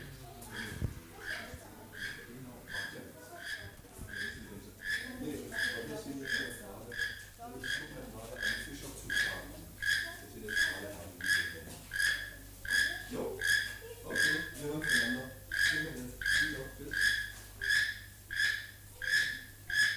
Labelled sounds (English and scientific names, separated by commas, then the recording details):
Keel-billed Toucan (Ramphastos sulfuratus) call
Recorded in captivity
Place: Tiergarten Wilhelma/Stuttgart, Baden-Württemberg, DE
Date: 2005-03-14 11:11
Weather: heiter, 4-8°C
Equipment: Sony WM-D6C, Sony ECM-MS 907, Kopie Uher 4000 Report Monitor
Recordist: Tembrock, Günter
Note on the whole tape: Rufreihen; zwei Tiere mit Duettphasen